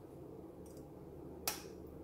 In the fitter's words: will torque until the alignment jig engages you'll hear an audible click and